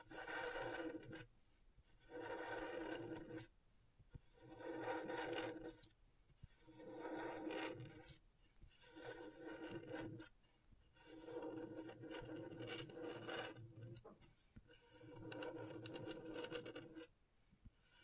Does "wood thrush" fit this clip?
no